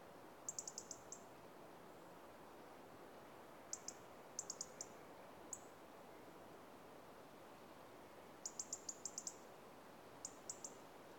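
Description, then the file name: European robin calls: brief, very high, thin ticking notes, single or in quick clusters of up to about six, separated by pauses of up to a few seconds, over a steady low hiss. "Erithacus rubecula - European Robin"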